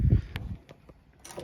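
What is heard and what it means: On a Mercedes Sprinter van, the bonnet's secondary safety catch near the front badge is pressed up by hand so the safety latch opens and the metal bonnet can be lifted. A low rumble fades into a sharp click at 0.4 s, followed by a few faint ticks and a brief bright rattle around 1.3 s. The safety catch is released.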